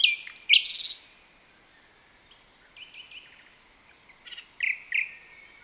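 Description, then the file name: Common nightingale singing short, varied phrases of scratchy and whistled notes, with quiet pauses between the bursts. "Luscinia megarhynchos"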